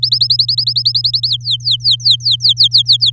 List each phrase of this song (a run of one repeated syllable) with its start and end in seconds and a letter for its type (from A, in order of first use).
0.02-1.28 A, 1.29-3.10 B